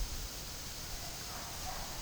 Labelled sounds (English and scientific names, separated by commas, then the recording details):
none
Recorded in pastures near Puerto Asís, Putumayo, Colombia, on 27 June 2025 at 13:30
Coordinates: 0.497, -76.327
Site G040